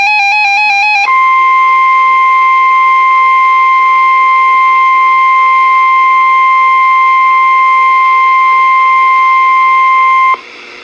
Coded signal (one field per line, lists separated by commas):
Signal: Emergency Alert System (SAME) tones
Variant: 1050 Hz attention tone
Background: music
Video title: NOAA Weather Radio: Flood Warning (EAS #26)